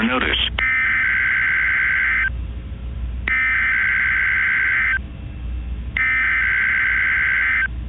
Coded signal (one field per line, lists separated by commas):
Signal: Emergency Alert System (SAME) tones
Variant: header bursts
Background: speech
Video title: Eas snow squall warning 7/1/2021